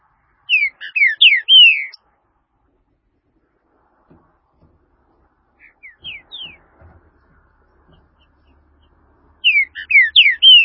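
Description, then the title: Green-winged saltator singing a fast burst of bright descending whistled notes, a few soft notes midway, and the same full phrase returning near the end. "Trinca Ferro"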